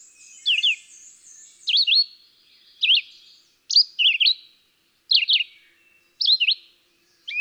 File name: Red-eyed Vireo